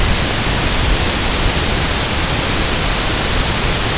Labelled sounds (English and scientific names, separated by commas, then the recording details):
none
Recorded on Arctic tundra, site IGLO-A, on 16 June 2018
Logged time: 09:59